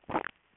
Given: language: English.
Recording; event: throat vibration sensor signal played as sound; swallow